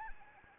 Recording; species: mosquito wingbeat signal from an infrared sensor; Anopheles arabiensis